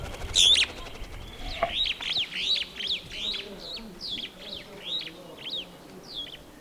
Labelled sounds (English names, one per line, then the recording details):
Superb Starling flight call
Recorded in Kenya